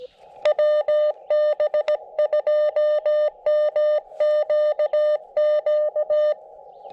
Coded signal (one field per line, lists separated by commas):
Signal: Morse code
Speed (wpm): 16 wpm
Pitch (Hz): 600 Hz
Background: none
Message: WB2MQQ